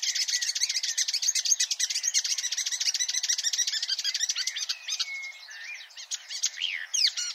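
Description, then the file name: Marsh warbler song, a continuous rapid chatter of scratchy notes for about five seconds, then softer mixed whistles and slurred notes. "suara-kicauan-burung-marsh-warbler -omkicau"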